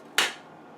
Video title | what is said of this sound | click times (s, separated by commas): Breville BES870XL Grinder Cleaning | the way until it clicks. So | 0.2 s